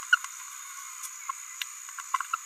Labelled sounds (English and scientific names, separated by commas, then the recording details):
Green-rumped Parrotlet (Forpus passerinus) babbling
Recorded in a nest box in Venezuela
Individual 18B17A5